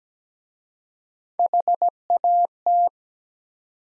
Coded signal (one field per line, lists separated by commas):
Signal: Morse code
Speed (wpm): 17 wpm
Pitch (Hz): 700 Hz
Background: none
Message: HAT